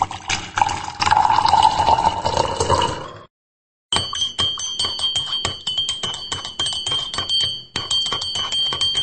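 Coffee is poured into a cup for an early-morning sip on the radio show Clube do Caipirão, a splashing stream for about three seconds whose pitch climbs as the cup fills. After a short silence, bright, ringing bell-like tones continue over a clattering background.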